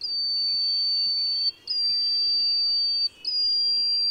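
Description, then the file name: Yellowish-bellied bush warbler song: three long, thin, steady high whistles, the first two each held over a second, separated by brief pauses, against a soft hiss. "深山鶯"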